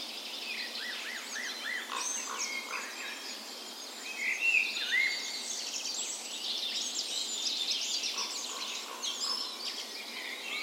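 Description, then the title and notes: Birds: dawn chorus of several birds, a quick run of repeated falling notes early on, then mixed whistles and trills overlapping. Park west in Bergen, Norway; morning of 17 May, Norway's National Day; spring; Sony PCM A10 recorder with LOM Usi microphones placed as tree ears. "17th Of May Dawn Chorus. Recorded on the morning of Norways National Day the 17th of May in a park west in Bergen"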